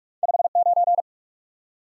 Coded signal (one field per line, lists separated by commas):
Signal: Morse code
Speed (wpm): 44 wpm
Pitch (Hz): 700 Hz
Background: none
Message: 5 9